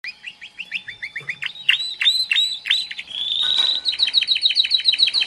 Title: mster Mnuk. Suara Kenari Gacor - Masteran Kenari Gacor Full Isian